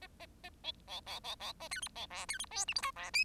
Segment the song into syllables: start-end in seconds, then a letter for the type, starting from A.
0.01-0.07 A, 0.20-0.26 A, 0.43-0.49 A, 0.64-0.72 B, 0.87-1.00 C, 1.06-1.20 C, 1.24-1.35 C, 1.40-1.53 C, 1.60-1.68 A, 1.71-1.81 D, 1.82-1.88 E, 1.95-2.06 C, 2.10-2.26 F, 2.28-2.38 D, 2.39-2.45 E, 2.51-2.65 G, 2.68-2.74 H, 2.75-2.82 I, 2.82-2.91 J, 2.96-3.10 F, 3.13-3.24 K